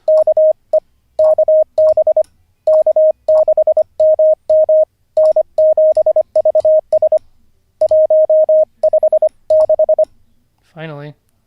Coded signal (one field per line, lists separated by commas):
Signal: Morse code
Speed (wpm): 25 wpm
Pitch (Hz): 620 Hz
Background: speech, radio noise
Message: KE KB K6MM N7VS 156